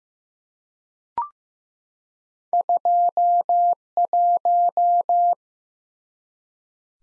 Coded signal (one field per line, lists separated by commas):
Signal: Morse code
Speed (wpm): 15 wpm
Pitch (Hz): 700 Hz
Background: none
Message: 21